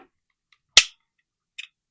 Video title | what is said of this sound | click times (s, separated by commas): Canik MC9 Prime Mag Extension - By Hurley Welding | There we go. Now, that clicked into place and it is on the magazine. | 0.8 s